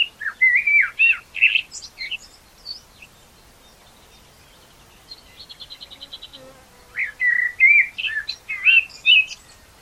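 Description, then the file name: Common blackbird song: mellow, wavering whistled phrases with squeaky high flourishes, a faint rapid trill in the gap, then the warbling resumes. "Turdus merula"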